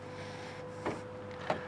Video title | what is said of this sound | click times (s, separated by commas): How-to Charge a Non-Tesla EV at a Supercharger | shove it back into its home until it snaps into place and then all you have to do is close your charging door | 1.5 s